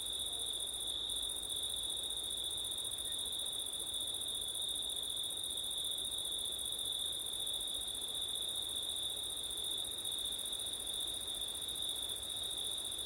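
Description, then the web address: Crickets produce a piercing trill at a fixed pitch, with a thinner high layer above it that drops out briefly near the start. Crickets on a September night, recorded with wind; ORTF microphone setup. "audio crickets wind september night ortif"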